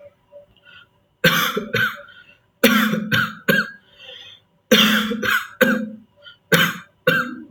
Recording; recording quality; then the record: heavy voluntary cough; excellent, no background noise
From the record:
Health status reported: healthy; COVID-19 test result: negative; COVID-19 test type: RT-PCR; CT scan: not taken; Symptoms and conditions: none ticked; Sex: male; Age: 22 years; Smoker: no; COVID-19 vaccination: one dose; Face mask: not worn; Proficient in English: yes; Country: India